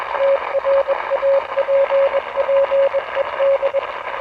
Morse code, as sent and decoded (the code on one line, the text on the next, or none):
- .-. .- .--. .--. . -..
TRAPPED